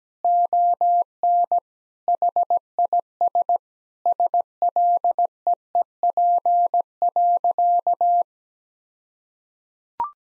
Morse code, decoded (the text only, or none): ON HIS SLEEP.